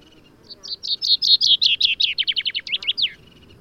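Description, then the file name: Common chaffinch song, a series of high chirps that speeds into a fast trill and ends in a twisting flourish. "Fringilla coelebs"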